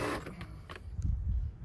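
A power drill drives a screw that holds a front splitter to a Camry's plastic bumper, and the bit slips in the screw head. Quick rattling hits land at 0.4, 0.7, 0.8 and 1.0 seconds over a low rumble. The screw head ends up stripped.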